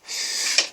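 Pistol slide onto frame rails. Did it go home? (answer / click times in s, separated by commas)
yes / 0.6 s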